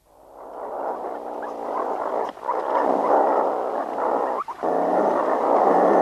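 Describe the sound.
Meerkat growling call: a coarse, rasping growl that swells in at the start and holds steady, interrupted by two short breaks.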